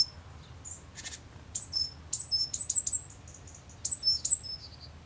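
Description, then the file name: Great tit giving a busy run of thin, high chips and short descending notes, with a few buzzy bursts and steady low rumble underneath. "Parus major"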